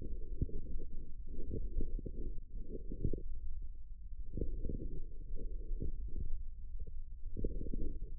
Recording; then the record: forearm muscle sounds (acoustic myography)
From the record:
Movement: forearm pronation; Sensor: system 1, eight BSWA MPA416 microphones around the upper forearm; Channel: 6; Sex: male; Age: 18 years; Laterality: right